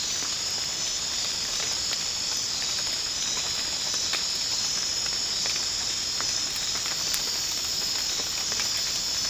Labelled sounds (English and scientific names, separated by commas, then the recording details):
none
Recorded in dense forest near Puerto Asís, Putumayo, Colombia, on 25 June 2025 at 00:00
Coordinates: 0.499, -76.324
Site G100